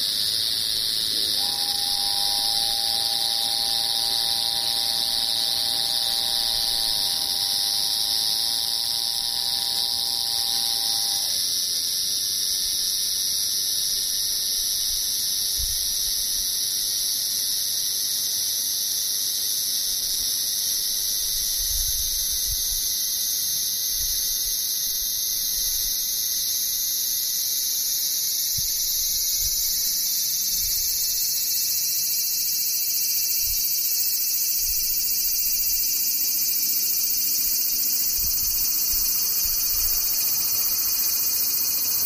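Cicadas drone in a dense, unbroken high buzz throughout, with a steady mid tone from about one to eleven seconds and faint low thumps.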